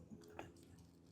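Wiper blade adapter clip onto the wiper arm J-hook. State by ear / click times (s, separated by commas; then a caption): seated / 0.4 s. A wiper blade adapter is pulled onto the J-hook of a wiper arm until its clip engages, seating with a sharp click at 0.4 s. A fainter tick comes just before at about 0.2 s, over low background hum.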